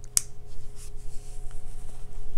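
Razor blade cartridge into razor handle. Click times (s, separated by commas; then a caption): 0.2 s. A replacement blade cartridge for a Gillette Fusion ProGlide razor is pushed back onto the plastic and metal handle connector, and a sharp, loud click at 0.2 s shows it has seated. A faint tick follows at about 1.5 s over a steady low hum.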